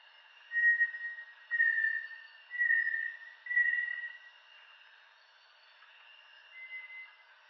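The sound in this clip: Bartlett's tinamou giving a series of four level, pure whistles, roughly one per second, then a fainter one after a pause.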